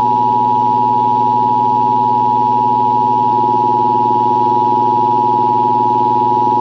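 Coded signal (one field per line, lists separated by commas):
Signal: Emergency Alert System (SAME) tones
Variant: 853 and 960 Hz attention tone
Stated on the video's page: Shelter-in-place warning for a winter storm, captured from a radio station's EAS live stream.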